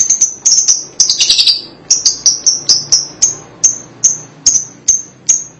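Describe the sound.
Lovebird calls: a rapid series of sharp, high chirps, briefly bunching into a dense chattering burst, then spaced repeated chirps roughly twice a second.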